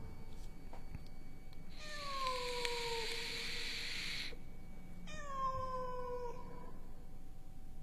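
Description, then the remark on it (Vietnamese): At night, a cat outside a fence lets out two long, drawn-out yowling meows, each wavering and sliding downward in pitch, separated by a short pause over a steady background hiss. “Trong đêm đen không thấy bóng dáng của con mèo đâu, chỉ loáng thoáng thấy tiếng của nó kêu và đôi mắt của nó đỏ ngầu cứ lợn vợn bên ngoài bờ rào.”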